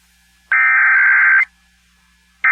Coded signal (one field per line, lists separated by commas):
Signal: Emergency Alert System (SAME) tones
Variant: header bursts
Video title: [EAS #2688-#2697] Some Tests to kick off the month of September (9/06/23)